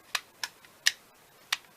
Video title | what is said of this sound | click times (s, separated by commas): How I use some items I just got in a new Craft Haul | hear that and it's in a locking position now that's locked so | 0.9 s, 1.5 s